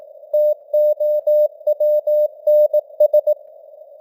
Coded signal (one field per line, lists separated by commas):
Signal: Morse code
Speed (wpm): 18 wpm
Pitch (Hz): 600 Hz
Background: none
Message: TOWNS